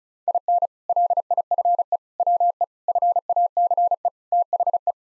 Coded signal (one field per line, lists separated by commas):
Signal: Morse code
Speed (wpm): 36 wpm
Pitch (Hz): 700 Hz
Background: none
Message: IN LIFE WE FACE THE